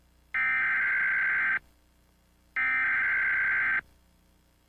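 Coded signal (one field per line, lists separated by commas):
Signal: Emergency Alert System (SAME) tones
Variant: header bursts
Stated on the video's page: Animated EAS alarms.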